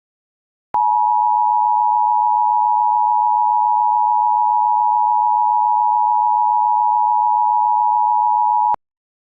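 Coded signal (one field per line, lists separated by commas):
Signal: Emergency Alert System (SAME) tones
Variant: 853 and 960 Hz attention tone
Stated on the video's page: Fictional, mock EAS alert.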